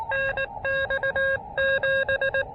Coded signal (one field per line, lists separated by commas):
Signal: Morse code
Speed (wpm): 18 wpm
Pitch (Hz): 1600 Hz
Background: none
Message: NX 7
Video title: A Low-Profile, Low-Impact POTA Activation at Myrtle Beach State Park!